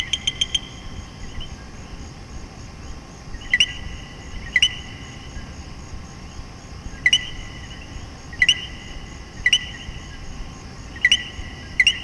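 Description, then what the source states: Common coquí calling, a quick burst of notes at the start, then spaced two-note co-qui calls, a short tone jumping to a higher chirp, against a constant background chorus. Several common coquí frogs calling in Puerto Rico.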